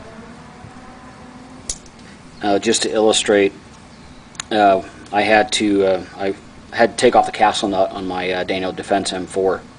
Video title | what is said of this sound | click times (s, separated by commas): Special Circumstances Inc. Review - Multitasker Ultralight and Multitasker Tube | this thing locks in place with a very very durable lock | 1.7 s